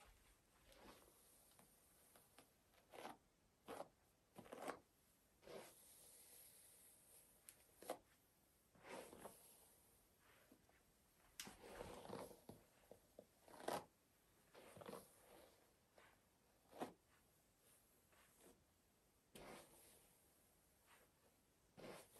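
Hair washing and scalp scratching, heard as a run of short, bright scratchy strokes, some brisk and some drawn out into soft rubbing swishes. They come irregularly, every second or so, over a faint steady hiss with a thin high whine.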